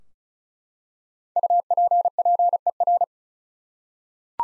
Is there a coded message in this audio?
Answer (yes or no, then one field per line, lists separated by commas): yes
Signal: Morse code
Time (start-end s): 1.4-3.0 s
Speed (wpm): 34 wpm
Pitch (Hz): 700 Hz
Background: none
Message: UPPER